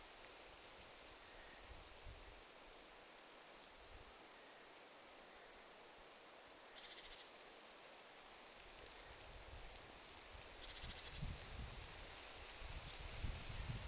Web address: paivat 20 7 2026 pikkulintuparvi ehka nuori puukiipija aantelee